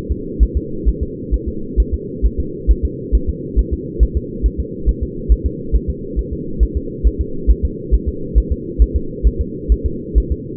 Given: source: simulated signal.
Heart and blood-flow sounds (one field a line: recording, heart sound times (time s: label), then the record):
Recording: fetal heart sounds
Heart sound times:
0.12 s: S2
0.43 s: S1
0.57 s: S2
0.88 s: S1
1.03 s: S2
1.34 s: S1
1.48 s: S2
1.80 s: S1
1.94 s: S2
2.25 s: S1
2.40 s: S2
2.71 s: S1
2.85 s: S2
3.15 s: S1
3.29 s: S2
3.59 s: S1
3.73 s: S2
4.03 s: S1
4.17 s: S2
4.46 s: S1
4.60 s: S2
4.89 s: S1
5.03 s: S2
5.32 s: S1
5.46 s: S2
5.75 s: S1
5.90 s: S2
6.19 s: S1
6.33 s: S2
6.63 s: S1
6.77 s: S2
7.07 s: S1
7.21 s: S2
7.50 s: S1
7.65 s: S2
7.94 s: S1
8.08 s: S2
8.38 s: S1
8.52 s: S2
8.82 s: S1
8.96 s: S2
9.27 s: S1
9.41 s: S2
9.72 s: S1
9.86 s: S2
10.18 s: S1
10.32 s: S2
From the record:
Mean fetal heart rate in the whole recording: 135 bpm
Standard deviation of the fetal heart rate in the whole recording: 3 bpm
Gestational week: 34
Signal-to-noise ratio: -4.3 dB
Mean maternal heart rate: 72 bpm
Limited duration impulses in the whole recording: absent